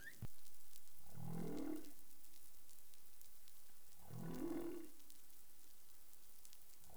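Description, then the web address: Humpback whale moans, two low grumbling units about three seconds apart, rough and droning, with continuous underwater noise in between. Recorded in the Caribbean on 20 April 2021 at 03:50 UTC. "CARIMAM. humpback whale 20210420 035042 UTC"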